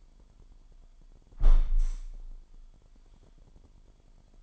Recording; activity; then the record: daily activity, microphone in the room; close window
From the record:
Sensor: 5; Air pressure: 998.7 hPa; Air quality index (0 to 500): 104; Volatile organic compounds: 2 ppm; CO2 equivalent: 1214 ppm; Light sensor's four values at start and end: 47/115/48/54 and 46/115/47/54